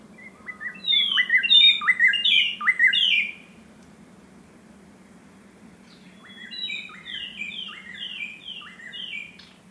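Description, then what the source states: White-browed robin-chat singing two runs of varied whistled notes, each a quick rhythmic series of slurred phrases, with a steady low hum beneath throughout. Okavango Panhandle, 14 August 2015, 6:36 AM; ever-changing song that seems to come from everywhere at once; mic placed outside the tent; Sound Devices 702 recorder with Sennheiser 418 stereo microphone.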